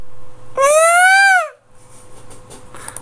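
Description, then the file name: Peafowl call: one loud, wailing, nasal note that rises slightly, then falls away, with a steady low hum in the background. "pavo real"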